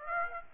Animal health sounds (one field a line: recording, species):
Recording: mosquito wingbeat signal from an infrared sensor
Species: Aedes aegypti